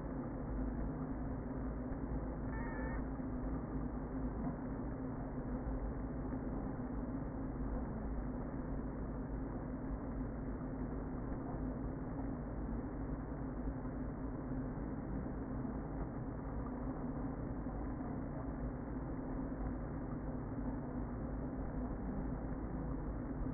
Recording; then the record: honeybee colony, microphone inside the hive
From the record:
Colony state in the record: queen present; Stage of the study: before two queens were removed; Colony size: about 60,000 bees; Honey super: yes